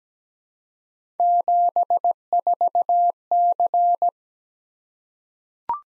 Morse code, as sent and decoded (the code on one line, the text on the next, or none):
--... ....- -.-.
74C